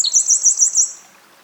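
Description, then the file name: Eurasian wren finishing a song with a string of several rapid, piercing repeated notes that fade out within a second. "Troglodytes troglodytes"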